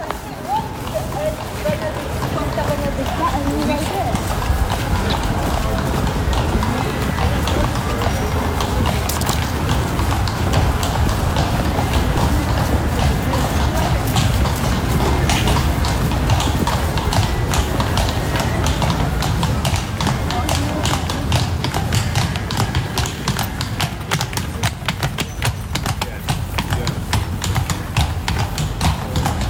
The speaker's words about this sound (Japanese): 聞いただいたのは馬の足音でした。クラコフの街の中には馬車があって、馬が2頭ずつ車を引っ張ってくれるんですけど、パカパカと石畳の上を歩く音でした。